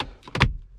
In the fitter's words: and you're going to hear it snap into place like you just did and it's actually snapped in behind the trim now